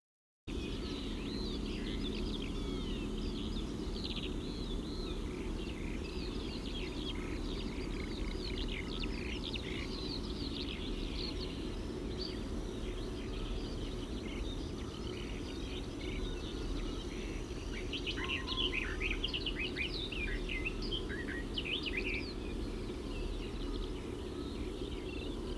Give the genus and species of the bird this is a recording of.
Phasianus colchicus